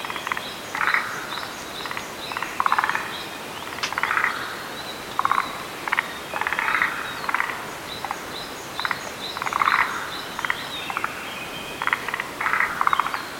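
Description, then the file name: Forest green tree frogs croaking in a dense chorus, repeated rapid chattering bursts throughout, overlapping each other, faint high whistled tones in the background. "Rhacophorus arboreus"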